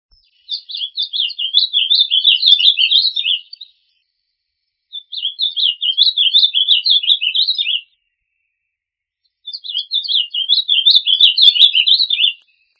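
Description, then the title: Bird giving a fast, warbling high trill in three bursts of about three seconds each, separated by short silences. "LuckyPassaros CompletosSama"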